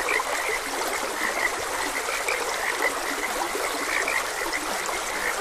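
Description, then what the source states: Frog chorus of quick repeated croaks, several callers at once, set against a steady wash of running water. Frogs croaking beside a gentle stream.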